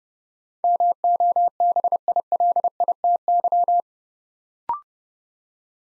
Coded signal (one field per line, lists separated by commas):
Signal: Morse code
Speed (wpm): 30 wpm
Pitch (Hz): 700 Hz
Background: none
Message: MOBILITY